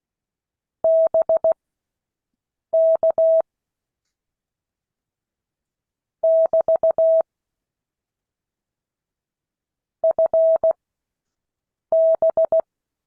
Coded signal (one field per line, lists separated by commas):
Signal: Morse code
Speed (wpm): 16 wpm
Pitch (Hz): 650 Hz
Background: none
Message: BK <BT> FB